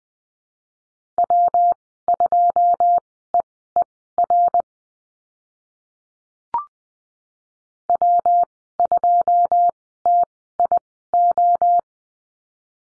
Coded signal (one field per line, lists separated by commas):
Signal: Morse code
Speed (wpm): 20 wpm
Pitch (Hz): 700 Hz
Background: none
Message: W2EER W2TIO